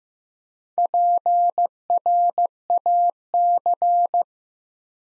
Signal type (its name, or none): Morse code